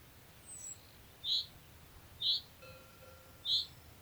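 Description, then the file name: Common chaffinch calling with three short, sharp chirps about a second apart, faint higher twittering and a soft low whistle in the background. "Fringilla coelebs"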